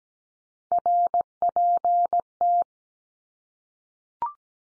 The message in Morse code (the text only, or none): RPT